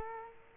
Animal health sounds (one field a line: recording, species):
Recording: mosquito wingbeat signal from an infrared sensor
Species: Culex quinquefasciatus